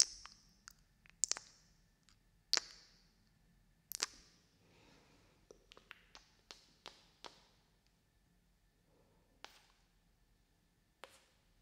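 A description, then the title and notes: Kiss sounds: sharp wet smacks and pops, irregularly spaced, bunched in the first seven seconds then sparse, over a quiet low hum. ASMR BINAURAL KISS SOUNDS.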